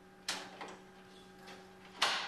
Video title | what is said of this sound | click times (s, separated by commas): דניאל טכנאי מחשבים יצאת צדיק תיקון מחשבים | ופה שמעת הקליק סידר את העניין מצוין | 2.0 s